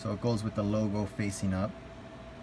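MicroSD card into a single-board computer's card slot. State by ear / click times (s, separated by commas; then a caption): not seated / none. A 64 GB microSD card is handled logo up at the card slot of a single-board computer while someone talks over a faint steady hum. The card has not seated or clicked yet.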